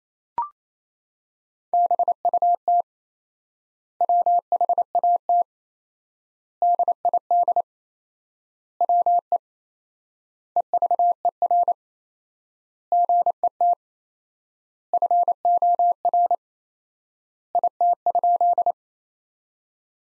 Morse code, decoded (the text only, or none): BUT WHAT DID WE EVER GET FOR IT?